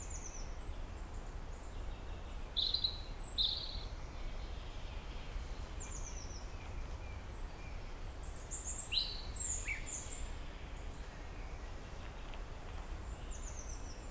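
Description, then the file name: European robin: thin, high, sweeping notes in short scattered phrases with pauses, over steady low background noise. "Erithacus rubecula"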